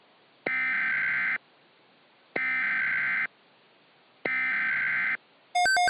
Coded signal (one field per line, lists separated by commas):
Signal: Emergency Alert System (SAME) tones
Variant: header bursts